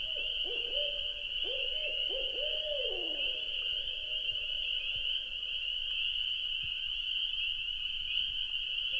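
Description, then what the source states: Owl hoots, several quick bending notes bunched together and then sliding down at the end, with a constant high-pitched chorus behind. Recorded at night at a lake in Wisconsin in 2019.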